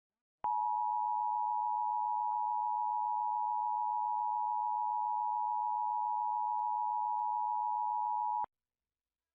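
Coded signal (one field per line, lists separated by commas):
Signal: Emergency Alert System (SAME) tones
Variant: 853 and 960 Hz attention tone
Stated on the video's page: National Periodic Test EAS tones recorded from a Bay Area NBC TV station.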